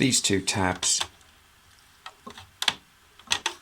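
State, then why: Seated. Someone talks, then two plastic tabs on an X-Transbots Menasor toy trailer are closed down, giving sharp plastic clicks at 2.7 s and 3.3 s amid a few smaller handling ticks. Both tabs seat, leaving the figure back in trailer mode.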